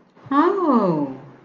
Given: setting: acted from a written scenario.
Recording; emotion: vocal sound without words; romantic love